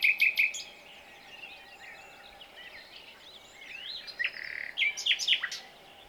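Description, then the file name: Common nightingale: songbird phrases: a quick trio of repeated notes opens, followed by soft chattering and a later cluster of loud, varied whistled and slurred notes. "Luscinia megarhynchos"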